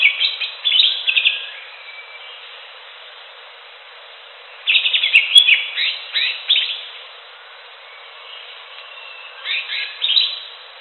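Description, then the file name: Greater green leafbird song: bursts of varied, rapid chirps and slurred whistles at the start, middle and end, separated by quiet gaps. "audio cucak hijau alam liar"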